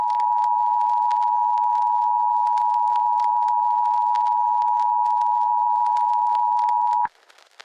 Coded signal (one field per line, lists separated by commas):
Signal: Emergency Alert System (SAME) tones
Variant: 853 and 960 Hz attention tone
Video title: Entities (SHORT EAS SCENARIO)